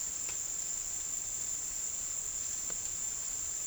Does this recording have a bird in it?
no